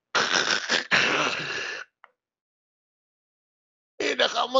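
Two harsh, rattling snore-like breaths are followed by about two seconds of silence as breathing stops, then a noisy gasping breath restarts as the body goes into emergency, as if choking, and breathing resumes. This is an adult's imitation of obstructive sleep apnea: a narrowed airway makes breathing stop until the body forces it to resume.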